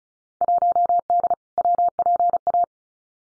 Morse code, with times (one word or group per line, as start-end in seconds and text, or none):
0.4-1.3 1D
1.6-2.6 WPA